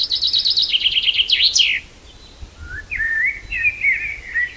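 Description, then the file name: Common chaffinch song: a fast descending trill of bright notes ending in a sharp flourish, followed by several slurred chirps. "Fringilla coelebs"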